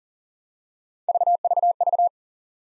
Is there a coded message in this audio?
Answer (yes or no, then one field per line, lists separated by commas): no